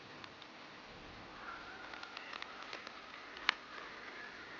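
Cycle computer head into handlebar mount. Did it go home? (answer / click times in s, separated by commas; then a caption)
yes / 3.5 s. A cycle computer (speedometer) head is pushed into its plastic mount bracket on the bicycle handlebar. Faint taps and rustling lead up to a single sharp, loud click at 3.5 s as the head snaps into the mount and is seated. No one talks in the clip.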